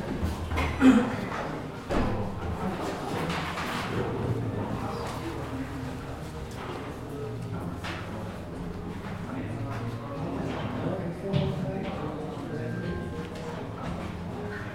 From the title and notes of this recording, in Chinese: 坐在咖啡馆有点开心｜城市声音。北京地坛旁边 没有特地录说话声。